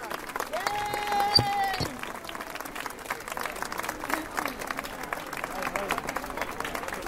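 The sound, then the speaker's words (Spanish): A crowd of neighbours breaks into sustained applause for the workers of a health centre, dense overlapping clapping that carries on steadily throughout, with a brief tonal whistle-like sound near the start rising above the clapping. “Y antes de irnos, vecinos y vecinas, como todos los jueves, un aplauso a los trabajadores y trabajadoras de este centro de salud.”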